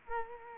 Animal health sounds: mosquito wingbeat signal from an infrared sensor; Culex quinquefasciatus

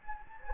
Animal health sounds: mosquito wingbeat signal from an infrared sensor; Anopheles gambiae

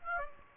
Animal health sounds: mosquito wingbeat signal from an infrared sensor; Aedes aegypti

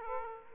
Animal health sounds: mosquito wingbeat signal from an infrared sensor; Aedes aegypti

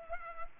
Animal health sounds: mosquito wingbeat signal from an infrared sensor; Culex pipiens

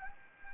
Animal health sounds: mosquito wingbeat signal from an infrared sensor; Anopheles gambiae

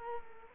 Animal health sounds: mosquito wingbeat signal from an infrared sensor; Culex quinquefasciatus

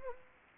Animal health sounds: mosquito wingbeat signal from an infrared sensor; Anopheles arabiensis

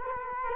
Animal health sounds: mosquito wingbeat signal from an infrared sensor; Culex quinquefasciatus

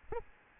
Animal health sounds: mosquito wingbeat signal from an infrared sensor; Aedes albopictus

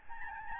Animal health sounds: mosquito wingbeat signal from an infrared sensor; Aedes albopictus

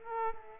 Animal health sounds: mosquito wingbeat signal from an infrared sensor; Aedes aegypti

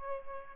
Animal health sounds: mosquito wingbeat signal from an infrared sensor; Aedes albopictus

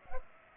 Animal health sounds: mosquito wingbeat signal from an infrared sensor; Culex pipiens

